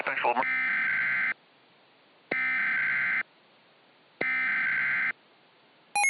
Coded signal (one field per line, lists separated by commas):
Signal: Emergency Alert System (SAME) tones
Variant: header bursts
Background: speech